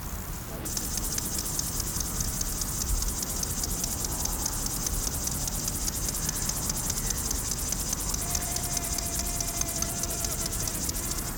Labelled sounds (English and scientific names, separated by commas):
Upland Field Grasshopper (Chorthippus apricarius) stridulation